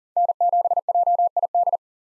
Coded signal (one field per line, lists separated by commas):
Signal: Morse code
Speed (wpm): 40 wpm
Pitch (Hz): 700 Hz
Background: none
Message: N7JID